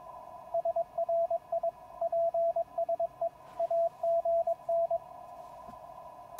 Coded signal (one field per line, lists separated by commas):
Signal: Morse code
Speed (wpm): 22 wpm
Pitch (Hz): 670 Hz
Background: radio noise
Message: SRI PSE AGN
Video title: Successful QRP Contacts with 5 Watts in the Field